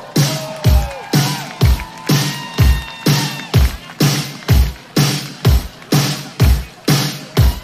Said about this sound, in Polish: To były zdecydowanie za małe brawa.